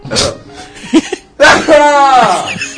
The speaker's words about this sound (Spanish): Uy, perdón, voy a estornudar.